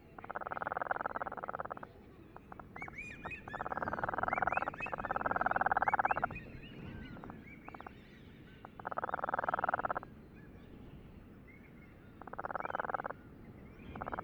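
Cape Verde storm petrel: long, rapid pulsed churrs lasting one to two seconds, separated by pauses, with faint short chirps from other birds between bursts.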